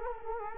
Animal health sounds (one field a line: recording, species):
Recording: mosquito wingbeat signal from an infrared sensor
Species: Culex quinquefasciatus